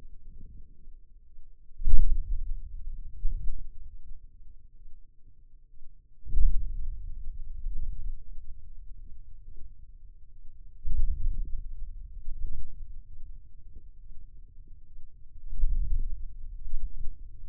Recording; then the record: forearm muscle sounds (acoustic myography)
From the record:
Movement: hand closing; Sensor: system 2, bracelet of six BSWA MPA416 microphones around the upper forearm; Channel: 6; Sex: male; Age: 22 years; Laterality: right